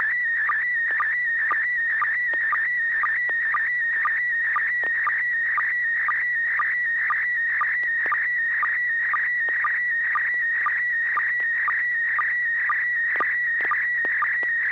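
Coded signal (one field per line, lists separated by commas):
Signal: SSTV (slow-scan television)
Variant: PD-120 mode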